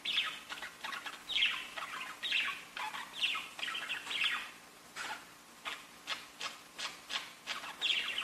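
Budgerigar chatter, clustered warbling chirps and clicks in uneven bursts, then softer scattered notes, with a faint hum in the background.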